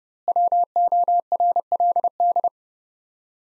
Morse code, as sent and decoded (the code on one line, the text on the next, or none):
.-- --- .-. .-.. -..
WORLD